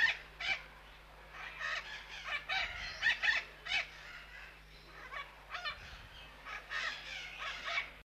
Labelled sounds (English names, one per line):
Red-shouldered Macaw call